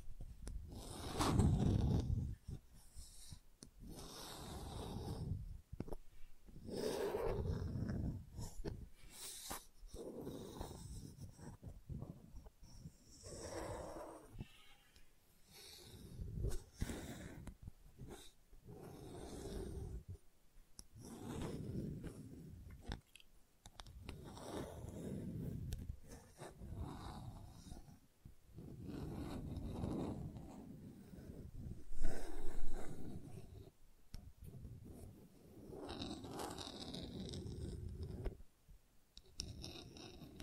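Gentle scratching goes on in uneven strokes, each a soft rasp with a dull, low body and a faint hiss above. The bursts come every second or so, with brief gaps, and a few stronger strokes stand out near the start and around thirty seconds.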